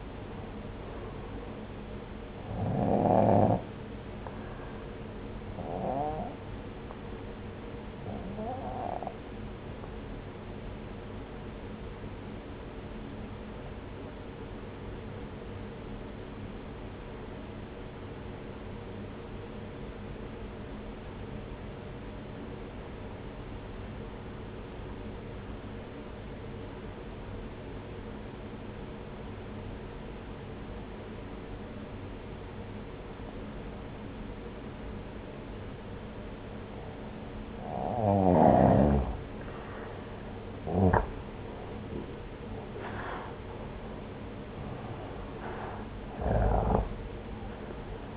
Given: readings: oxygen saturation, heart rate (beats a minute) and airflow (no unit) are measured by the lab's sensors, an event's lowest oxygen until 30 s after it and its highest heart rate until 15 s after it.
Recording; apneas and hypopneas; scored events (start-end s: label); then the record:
breathing in sleep by a voice recorder at the bedside; 1
14.00-38.50 s: obstructive apnea (N1, oxygen 95% highest, then 86% lowest)
From the record:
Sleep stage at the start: N1 (lightest sleep); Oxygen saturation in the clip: 86 to 95%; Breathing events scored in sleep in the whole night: 303 in 8.1 hours asleep